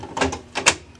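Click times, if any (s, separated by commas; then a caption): 0.7 s. A toner cartridge for a Brother HL-5370 laser printer is pushed back into a new DR620 drum unit until it locks. A few soft plastic knocks and scrapes build to a sharp click at 0.7 s, as the cartridge seats in the drum.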